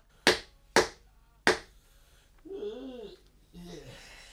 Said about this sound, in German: Wer klopft? Mach auf!